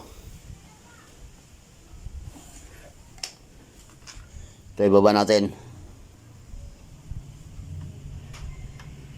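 Someone pushes down the metal decompression lever on a vertical diesel boat engine, but it will not drop and lock. There are faint metallic taps around 3.2 s and 8.8 s, and someone talks briefly in the middle. Nothing has seated or clicked yet: the lever stays unlocked.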